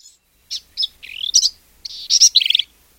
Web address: radio 2006-10-20 Black-capped Vireo